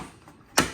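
After a missed first attempt, the top of a tail light housing on a 2015 GMC Yukon Denali is pushed again into the SUV body. A faint tick comes at 0.3 s, then a sharp, loud click at 0.6 s as the top clip snaps home. The housing is confirmed seated and now sits flush with the edge.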